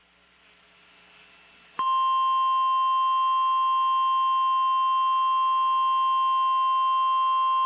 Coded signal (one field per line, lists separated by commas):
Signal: Emergency Alert System (SAME) tones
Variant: 853 and 960 Hz attention tone